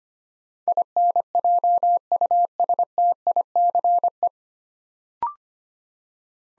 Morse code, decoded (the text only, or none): INJUSTICE